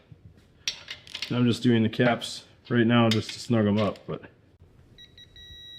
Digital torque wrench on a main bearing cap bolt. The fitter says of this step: there it is. 50 foot-lbs. That is cool. Doesn't have that satisfying click, but it does beep.